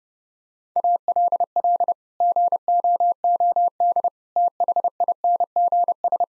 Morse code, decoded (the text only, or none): ALL GOOD THINGS